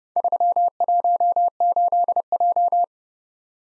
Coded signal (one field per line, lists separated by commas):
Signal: Morse code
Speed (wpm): 30 wpm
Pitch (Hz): 700 Hz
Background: none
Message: 318J